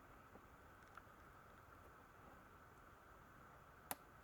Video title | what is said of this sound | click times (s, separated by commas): Let's restore a Coleman pump! | there you go once you I don't know if you heard that little click | 3.9 s